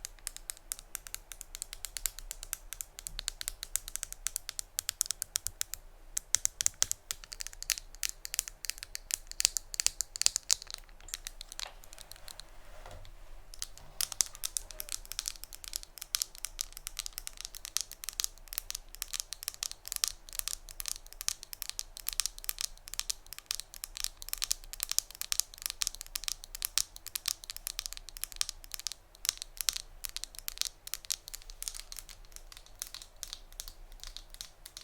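ASMR tapping: a fast, dense run of crisp, bright taps with a crinkly, papery edge, almost continuous across the clip. Around the middle the taps thin out into a brief quieter stretch before the rapid, steady tapping resumes.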